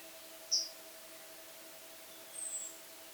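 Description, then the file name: Eurasian blackcap: one sharp, short high note, then about two seconds later a fainter, thin, slightly longer high note, over a quiet steady background hiss. "Sylvia atricapilla"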